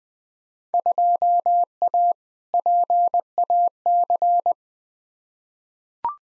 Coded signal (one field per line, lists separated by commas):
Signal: Morse code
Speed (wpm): 20 wpm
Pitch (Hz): 700 Hz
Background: none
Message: 2A PAC